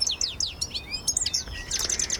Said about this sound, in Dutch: Pieterliet dus, de putter.